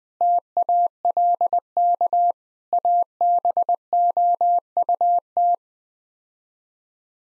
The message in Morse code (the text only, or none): TALK ABOUT